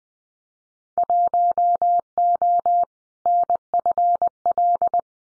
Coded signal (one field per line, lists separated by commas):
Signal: Morse code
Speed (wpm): 20 wpm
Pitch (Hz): 700 Hz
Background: none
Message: 1O NFL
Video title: Winter Field Day Exchange 20wpm